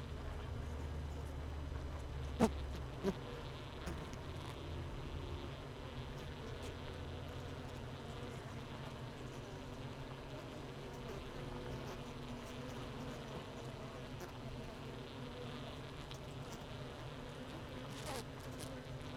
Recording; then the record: honeybee colony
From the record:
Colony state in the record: missing queen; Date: 31 May 2018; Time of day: 17:04